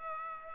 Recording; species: mosquito wingbeat signal from an infrared sensor; Culex pipiens